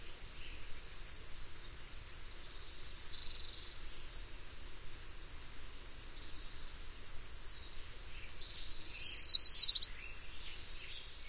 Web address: Know Your Bird Sounds Common Western Species. Orange-crowned Warbler